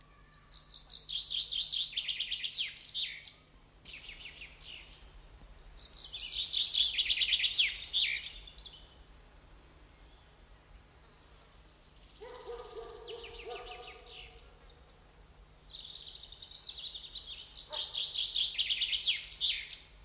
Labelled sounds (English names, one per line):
Common Chaffinch song